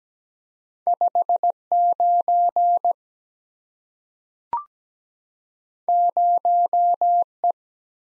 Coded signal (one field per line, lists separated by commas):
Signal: Morse code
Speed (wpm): 17 wpm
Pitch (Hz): 700 Hz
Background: none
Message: 59 0E